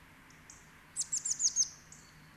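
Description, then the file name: Eurasian blue tit producing a short string of five or six high, thin, falling notes over a soft background hiss. "Cyanistes caeruleus"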